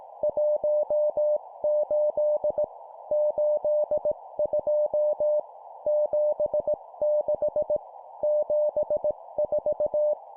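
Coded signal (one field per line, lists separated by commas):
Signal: Morse code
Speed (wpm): 18 wpm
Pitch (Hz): 600 Hz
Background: none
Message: 18 82 76 74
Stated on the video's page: Morse code practice at 17 WPM, two-number words.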